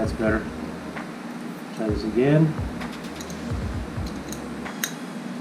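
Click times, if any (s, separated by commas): 4.3 s, 4.8 s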